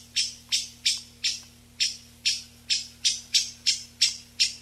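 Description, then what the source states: Eyebrowed thrush calls: a string of clipped, percussive tick notes, about three each second. 19 June 1991.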